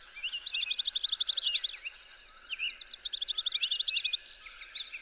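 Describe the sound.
Chipping sparrow song: two bright, even trills of quick dry chips starting about two and a half seconds apart, with softer chirps from other birds around them.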